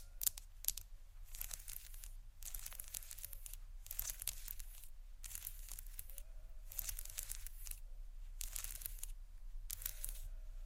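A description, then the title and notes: Something is scratched across tiles in repeated strokes, each a bright, raspy scrape lasting about a second, with short pauses between them, roughly every one and a half seconds. A couple of sharp taps come at the very start, over a steady low hum. Tiles Scratch & Tap (stone, seashell, glass, etc) (No Talking).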